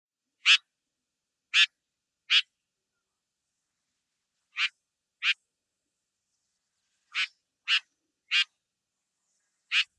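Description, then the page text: Tiger shrike giving harsh, rasping single call notes, some in quick pairs or triplets, spaced irregularly across ten seconds with silent gaps between. "チゴモズ｜日本の鳥百科｜サントリーの愛鳥活動"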